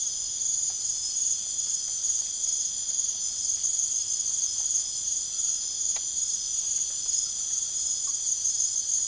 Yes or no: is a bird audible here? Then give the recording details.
no. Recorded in secondary vegetation near Puerto Asís, Putumayo, Colombia, on 12 March 2025 at 01:30. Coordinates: 0.489, -76.322. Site G042